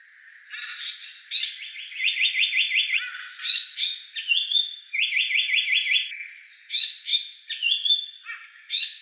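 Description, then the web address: Japanese paradise flycatcher singing short, sharp introductory notes followed by fast, even trills of repeated rising whistles, the phrase given twice with brief chips between. Recorded 25 May 2015. "birdenaga sankoutyou"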